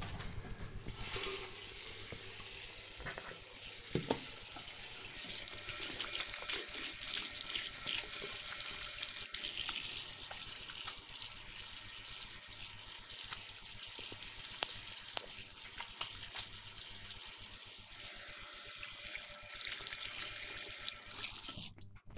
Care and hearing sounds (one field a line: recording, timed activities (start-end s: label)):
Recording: household activities, microphone on the right wrist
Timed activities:
0.28-22.18 s: washing hands